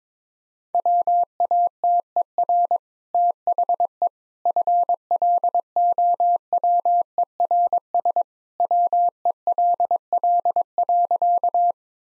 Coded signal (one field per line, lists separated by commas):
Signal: Morse code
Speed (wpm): 22 wpm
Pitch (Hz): 700 Hz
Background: none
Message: WATER THE FLOWERS WELL.